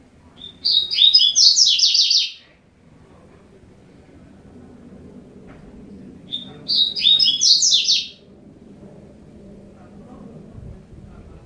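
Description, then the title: Double-collared seedeater song, two bright warbled phrases of quick high notes, each starting with a short introductory note, several seconds apart over faint low hum. "Canto Coleiro"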